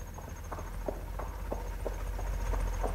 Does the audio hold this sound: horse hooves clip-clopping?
yes